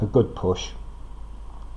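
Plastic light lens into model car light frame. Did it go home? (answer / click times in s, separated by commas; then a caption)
no / none. A plastic light lens is handled for a push into the light frame of an Eaglemoss DeLorean model car kit, meant to make it click fully into place. Someone talks briefly at the start, followed by a low, steady background hiss. Nothing has seated or clicked yet.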